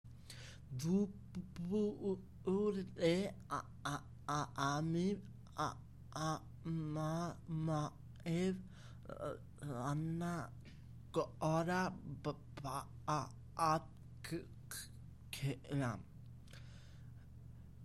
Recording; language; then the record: elicited speech; Bengali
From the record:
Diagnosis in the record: Broca's or global aphasia after a stroke